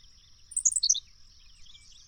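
Bird delivers a brief, bright phrase of high chirping notes sliding downward, then soft twittering over a steady thin hum.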